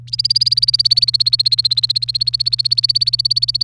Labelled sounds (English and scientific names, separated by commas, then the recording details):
Domestic Canary (Serinus canaria) song
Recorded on 28 April 2018 at 14:55
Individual llb3